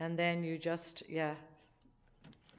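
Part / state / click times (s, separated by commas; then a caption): plastic zip tie closing a storage kit box / seated / 2.3 s, 2.5 s. A plastic zip tie is fed through its head to close the lids of a literacy kit box and pulled tight so its teeth ratchet and lock, the right way round so it stays secure. Someone talks over the first second and a half. Then short, sharp snaps come at about 2.3 and 2.5 seconds as the zip tie ratchets closed and seats.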